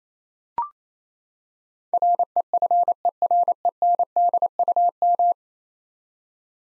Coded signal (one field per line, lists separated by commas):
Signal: Morse code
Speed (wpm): 28 wpm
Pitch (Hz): 700 Hz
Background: none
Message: REFERENDUM